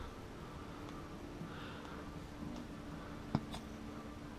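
An LED capsule fitting is pushed into a plastic contact poi ball while the ball is pinched so the plastic does not collapse, over a steady low background hum. A single sharp pop at 3.4 s marks the fitting seating into place in the ball.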